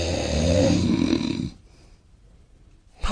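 A deep, rough, rattling snore lasts about a second and a half on the in-breath, followed by a quiet pause before the next snore begins. This is ordinary heavy snoring from an adult man.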